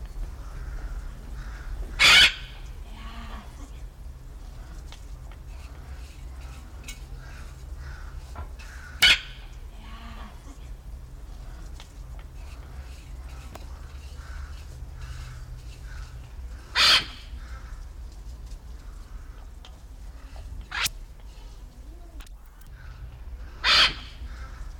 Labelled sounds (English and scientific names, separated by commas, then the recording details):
Red-fronted Macaw (Ara rubrogenys) call
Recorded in captivity
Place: Tiergarten Schönbrunn, AT
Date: 1994-09-28 14:55
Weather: bedeckt, 22°C
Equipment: Marantz CP 430, Sennheiser ME 80, Kopie Uher Variocord 263
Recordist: Tembrock, Günter